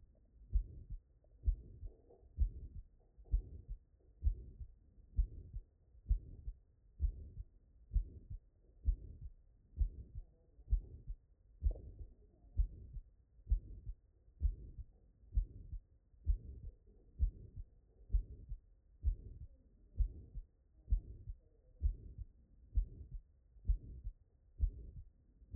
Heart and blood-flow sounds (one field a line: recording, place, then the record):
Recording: heart sounds by stethoscope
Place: tricuspid valve (TV)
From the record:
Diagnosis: non-HFrEF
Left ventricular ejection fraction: 71%